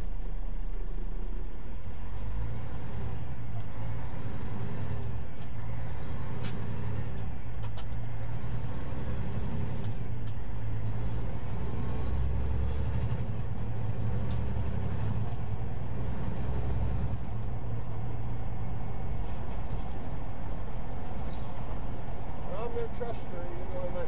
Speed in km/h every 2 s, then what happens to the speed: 0, 11, 19, 24, 29, 42, 50, 55, 58, 61, 64, 68.
1-24 pulls away to 68.